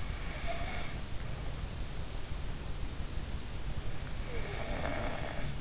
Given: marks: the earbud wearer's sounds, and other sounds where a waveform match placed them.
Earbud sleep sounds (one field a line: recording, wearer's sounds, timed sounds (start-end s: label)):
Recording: sounds in sleep by an in-ear microphone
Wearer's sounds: snoring breath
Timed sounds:
0.10-1.56 s: snoring breath
4.27-5.61 s: snoring breath